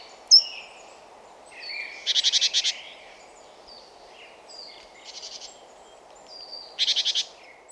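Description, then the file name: Great tit churring: three rapid, rattling buzzy bursts spaced a few seconds apart, the middle one softer, mixed with thin high chirps and faint hiss. "Parus major"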